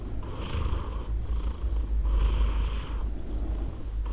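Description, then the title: Cat purring as a steady, low continuous rumble. Domestic cat named Edith purring in Glasgow, Scotland, in December 2023. "Edith purring, Glasgow, Scotland in December 2023 – by Steve Urquhart"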